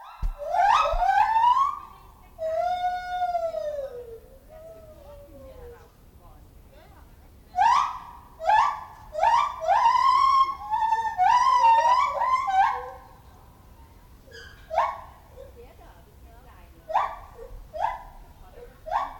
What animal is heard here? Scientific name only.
Hylobates lar